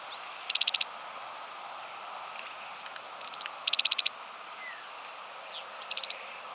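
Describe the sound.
Smith's longspur rattle calls: short, dry, high ticking rattles of several rapid clicks, heard four times, with a steady faint hiss behind.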